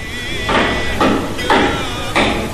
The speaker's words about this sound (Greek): Γιώργο, βάλε το τρυπάνι.